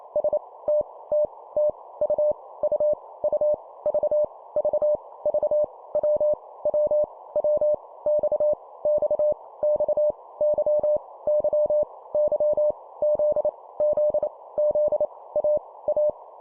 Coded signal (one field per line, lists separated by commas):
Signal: Morse code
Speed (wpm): 28 wpm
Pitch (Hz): 600 Hz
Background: none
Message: S T T T U U U V V V W W W X X X Y Y Y Z Z Z A A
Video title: 25wpm Repeat three times Letter, morse code practice